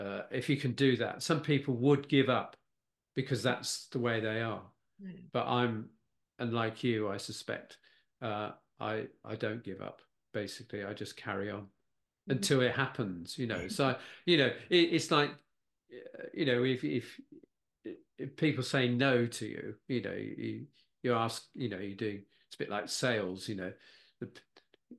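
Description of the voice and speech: Adult man with aphasia speaking unscripted in a conversational interview, with pauses, false starts, repeated words and heavy fillers, fitting mild word-finding difficulty. He manages spontaneous conversation but cannot give presentations or read scripted text aloud.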